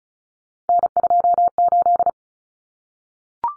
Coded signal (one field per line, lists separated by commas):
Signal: Morse code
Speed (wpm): 34 wpm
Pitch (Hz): 700 Hz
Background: none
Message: N28